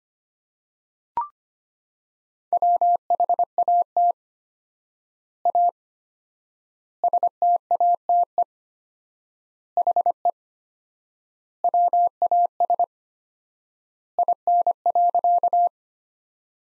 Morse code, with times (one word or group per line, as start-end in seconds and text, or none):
2.5-4.1 WHAT
5.5-5.7 A
7.0-8.4 STATE
9.8-10.3 HE
11.6-12.8 WAS
14.2-15.7 IN.